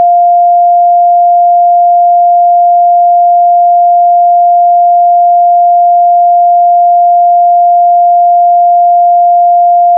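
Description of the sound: A steady, continuous pure sine tone at about 700 Hz, unchanging in pitch and loudness for the full 10 seconds, produced by a tone generator as a test tone for tinnitus determination: matching the pitch of a person's tinnitus.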